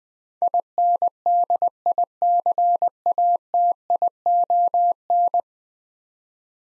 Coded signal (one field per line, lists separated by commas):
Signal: Morse code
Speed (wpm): 20 wpm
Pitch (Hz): 700 Hz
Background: none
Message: INDICATION